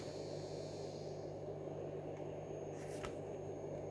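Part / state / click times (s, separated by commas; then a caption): plastic piece into toy plane body / not seated / none. A plastic piece is pressed onto the body of a Playmobil 70749 Novelmore toy plane over steady low background noise, with a faint scrape near 2.2 s and a brief tap around 3.0 s. The piece does not click in, and nothing has seated or clicked yet.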